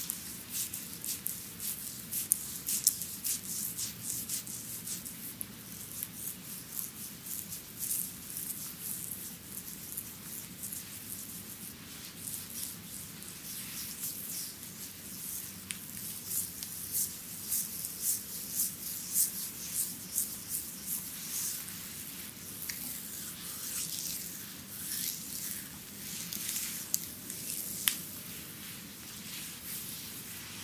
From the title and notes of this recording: ASMR Chinese Bamboo Massage.